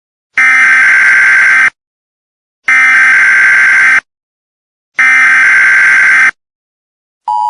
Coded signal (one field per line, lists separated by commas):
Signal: Emergency Alert System (SAME) tones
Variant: header bursts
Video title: The Cervidae hounds: Labyrinth EAS